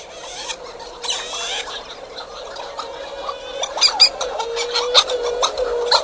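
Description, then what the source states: Hawaiian petrel colony calls, many birds overlapping in a dense chorus of drawn-out moaning tones and harsh, scratchy bursts, growing busier toward the end. Loud cacophony from a colony on the island of Lanai, Hawaii; researchers use calls per minute as a measure of colony population health and growth, so louder is better.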